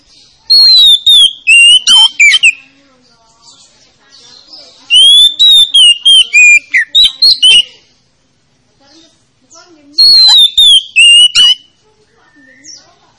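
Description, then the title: Oriental magpie-robin song in three bursts about five seconds apart, each a fast string of loud whistles and sharp chips. Played as a lure to coax a reluctant, lazy-singing magpie-robin into singing. "Pancingan Kacer Yg Malas Bunyi"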